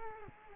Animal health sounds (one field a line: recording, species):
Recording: mosquito wingbeat signal from an infrared sensor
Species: Culex quinquefasciatus